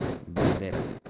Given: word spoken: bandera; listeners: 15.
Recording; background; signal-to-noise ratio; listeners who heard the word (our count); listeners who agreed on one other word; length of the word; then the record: one Spanish word in noise, from a listening test; noise modulated by one talker; -7.6 dB; 0 of 15; 11 of 15; 0.70 s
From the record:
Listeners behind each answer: 11, 2, 1, 1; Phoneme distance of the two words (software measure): 17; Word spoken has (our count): 3 syllables, 7 phonemes, stress on syllable 2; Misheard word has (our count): 2 syllables, 6 phonemes, stress on syllable 2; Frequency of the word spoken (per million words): 31.38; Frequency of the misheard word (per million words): 35.02